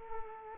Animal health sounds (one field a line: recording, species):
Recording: mosquito wingbeat signal from an infrared sensor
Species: Culex quinquefasciatus